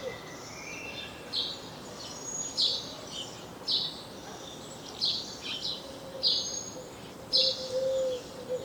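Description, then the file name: House sparrow: short, bright chirps repeated irregularly throughout. "Passer domesticus"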